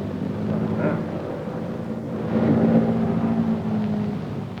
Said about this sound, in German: Jetzt eben nähert sich wieder eine dreimotorige Junkersmaschine. Steht allerdings noch nicht fest. Nein, es scheint ein Verkehrsflugzeug zu sein.